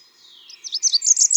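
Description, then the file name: Blackburnian warbler song: a short, high, sibilant series of clipped notes, quickly repeated, at a very high pitch. "song Christopher-Mc Pherson-Blackburnian-Warbler-Setophaga-fusca"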